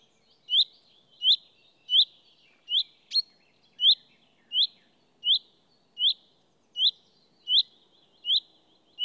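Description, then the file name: Common chaffinch calls: a short sharp upward-flicking note repeated steadily, roughly every three-quarters of a second, over a quiet background. "Fringilla coelebs"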